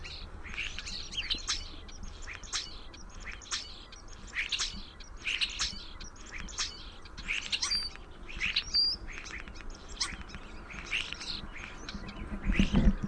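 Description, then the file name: European starling singing a rambling, varied run of chirps, clicks and short whistles, with a few clear whistled notes near the middle, over steady low background rumble. Includes both warbled song and whistled song. "EUST warbledsong whistledsong"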